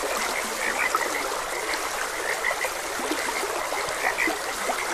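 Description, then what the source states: Short frog croaks repeat irregularly through a steady wash of stream water. Frogs croaking beside a gentle stream.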